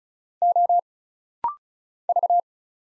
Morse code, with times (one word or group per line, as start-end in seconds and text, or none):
0.4-0.8 O
2.1-2.4 V